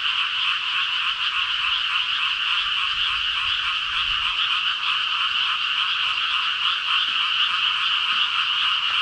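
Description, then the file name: Frogs croaking in a dense, unbroken chorus, many overlapping rapid calls blending into a steady high buzzing trill throughout. "ENV frog 200705"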